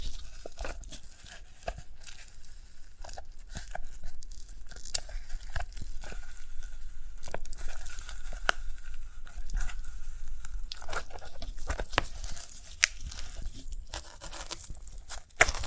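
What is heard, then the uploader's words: Sprouted coconut being handled and broken apart, with dense, irregular crunching and tearing sounds throughout. Sharp cracks and crisp snaps come every second or so, some louder bursts near 5, 8, 11 and the very end, over a soft crinkling texture. ASMR of a Sprouted Coconut (No Talking).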